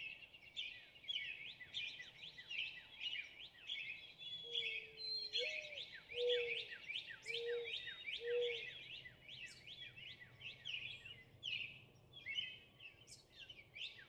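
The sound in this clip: Northern cardinal song, a long run of quick downward-sweeping chips repeated many times, joined midway by a few low pure whistles from another bird.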